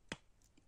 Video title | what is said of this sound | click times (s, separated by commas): @Blokees Transformers Blokees Galaxy Version 01 model kit French Review. | Et donc la hache vient se clipser sur le port de sa main sans problème. | 0.1 s